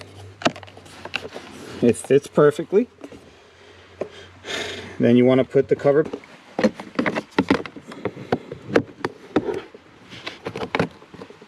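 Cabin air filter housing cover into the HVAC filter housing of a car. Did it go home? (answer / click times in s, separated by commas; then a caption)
no / none. Someone talks while handling the plastic cover of the cabin air filter housing behind the glovebox of a Genesis sedan, after a new cabin air filter has gone into the HVAC filter housing. Scattered short plastic taps and knocks, the sharpest near 0.5, 1.2, 7.4, 7.5 and 8.8 seconds, are heard under the talk. The cover has not yet clicked shut; nothing has seated by the end.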